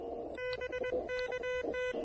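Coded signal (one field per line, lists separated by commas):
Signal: Morse code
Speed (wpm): 21 wpm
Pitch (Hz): 1500 Hz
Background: none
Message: B KT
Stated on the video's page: QRP summit activation pile-up using an Elecraft KH1 with speaker-wire antenna, on 20, 40 and 17 meters.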